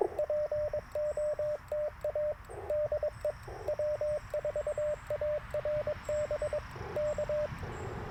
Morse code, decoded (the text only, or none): POTA DE W4ARB K